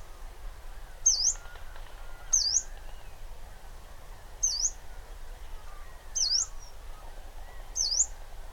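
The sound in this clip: Yellow-browed warbler migration calls: five thin, high, sharply slurred notes, dipping then rising, spaced roughly one to two seconds apart over a low steady background hiss.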